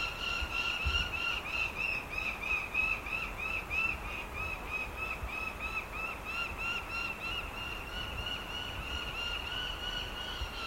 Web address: Lanner falcon. صدای-پرنده-لاچين